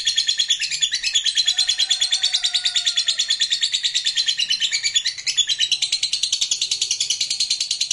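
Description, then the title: Lovebird in a long, fast, shrill trill, dense rapid pulses held steadily for the whole eight seconds, with a faint lower whistle partway through. Lovebird described as lazy to sing, becoming eager and spontaneously going straight into narik singing. "LOVEBIRD Malas Bunyi JADI GREGET SPONTAN Langsung NARIK"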